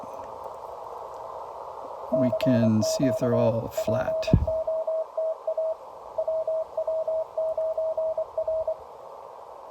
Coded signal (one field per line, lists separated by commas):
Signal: Morse code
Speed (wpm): 23 wpm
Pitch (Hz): 620 Hz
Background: speech, radio noise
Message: CQ POTA WW9R